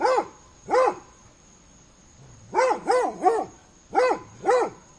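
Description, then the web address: Dog barks irregularly, two single barks, then a quick triple, then a pair, with a steady high whine behind. Dog barking on a summer day. "aboiement de chien un jour dete"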